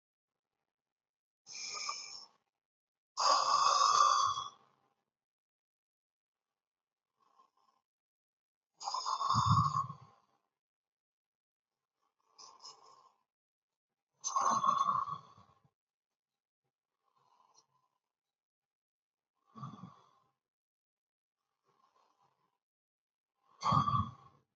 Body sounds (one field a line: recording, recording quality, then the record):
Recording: deep breathing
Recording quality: excellent, no background noise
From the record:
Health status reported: healthy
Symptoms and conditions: hypertension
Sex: male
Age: 51 years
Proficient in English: yes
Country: India